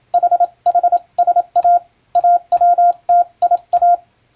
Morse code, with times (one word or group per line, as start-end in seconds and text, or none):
0.1-1.8 HHSA
2.2-4.0 AWTIA